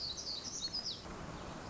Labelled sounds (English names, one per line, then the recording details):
Black-throated Gray Warbler
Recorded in Sonoma County, California